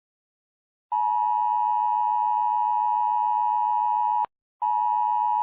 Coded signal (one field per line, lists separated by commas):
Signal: Emergency Alert System (SAME) tones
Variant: 853 and 960 Hz attention tone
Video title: Rating 25 EAS Alarms | Estilo Gacha Club | Pinstripe King SSJ4